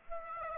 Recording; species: mosquito wingbeat signal from an infrared sensor; Aedes aegypti